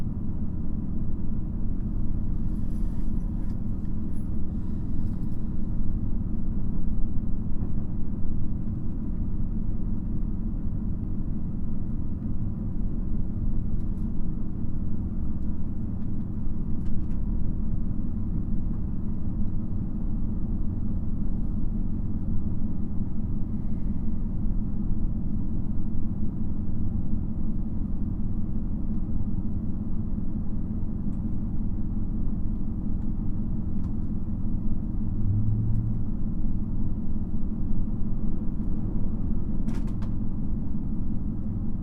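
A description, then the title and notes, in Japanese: Running sound from inside a diesel railcar: a steady, heavy low rumble and engine drone fills the whole recording at an even level. Faint clicks and light rattles surface now and then, around the third and seventeenth seconds and near the end. JR四国 2700系気動車 南風20号 琴平から岡山まで。四国旅客鉄道2700系気動車の走行音です。今回は３回目で、児島発車後から岡山到着までです。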